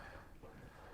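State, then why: Not seated. A metal side shelf on a 36-inch Blackstone griddle cart is being raised toward its bracket on the griddle frame, with quiet low rumbling handling noise that swells into a louder burst of sound in the last moment. The clip ends just before the shelf goes home, so nothing has seated or locked into place yet.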